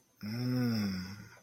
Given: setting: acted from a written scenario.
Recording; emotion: vocal sound without words; realization